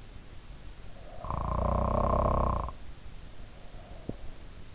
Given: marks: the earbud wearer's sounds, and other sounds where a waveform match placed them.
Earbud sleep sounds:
sounds in sleep by an in-ear microphone; snoring breath
0.85-4.28 s: snoring breath

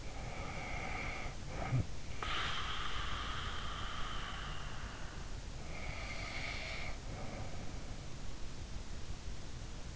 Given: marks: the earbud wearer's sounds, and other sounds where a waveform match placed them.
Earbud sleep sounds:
sounds in sleep by an in-ear microphone; snoring breath
0.00-5.46 s: snoring breath
5.69-8.20 s: snoring breath

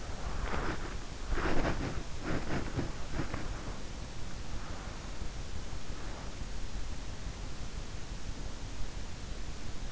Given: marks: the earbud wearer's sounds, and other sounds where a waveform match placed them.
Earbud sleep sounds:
sounds in sleep by an in-ear microphone; body movement
0.00-4.33 s: body movement

